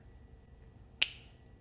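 The outer axle bearing, kept from the stock knuckle of a Vanquish H10 Optic Brushless RTR crawler, is pressed into the new brass steering knuckle. After a quiet stretch, a single sharp snap at 1.0 s rings bright and briefly decays as the bearing pops right into place, seated.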